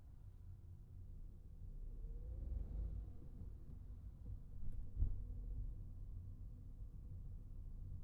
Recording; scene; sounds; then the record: everyday scene through a hearing-aid microphone; in a vehicle; engine, traffic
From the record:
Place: Skoda Fabia, gasoline engine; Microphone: behind the ear, right, rear